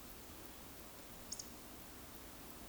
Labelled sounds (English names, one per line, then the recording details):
Eurasian Woodcock whistle
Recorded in Baden-Württemberg, Germany, on 9 May 2021 at 19:17 UTC
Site 23718, 552 m above sea level